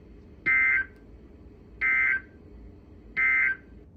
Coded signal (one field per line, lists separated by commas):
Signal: Emergency Alert System (SAME) tones